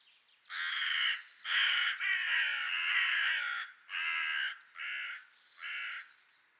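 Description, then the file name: Carrion crow uttering a run of rough, grating caws, the first ones long and run together, followed by three shorter separate caws. "Corvus corone"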